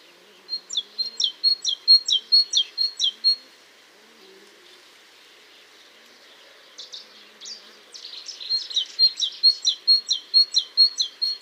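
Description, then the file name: Great tit song: bright two-note phrases repeated rapidly in a steady see-saw rhythm, one burst of about three seconds, a pause, then a second longer burst. "Cinciallegra"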